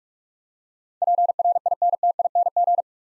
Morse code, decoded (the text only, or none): PRINTING